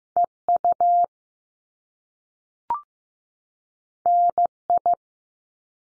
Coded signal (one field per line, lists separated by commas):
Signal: Morse code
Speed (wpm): 15 wpm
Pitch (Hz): 700 Hz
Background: none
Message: E UN I